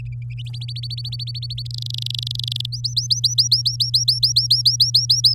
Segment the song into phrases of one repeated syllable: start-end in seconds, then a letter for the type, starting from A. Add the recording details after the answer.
0.45-1.62 A, 1.65-2.66 B, 2.72-5.34 C. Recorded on 9 May 2018 at 08:27. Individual llb16